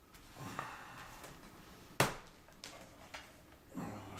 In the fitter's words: finish snapping along all right pretty much snapped in place here